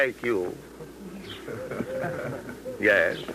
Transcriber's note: laughter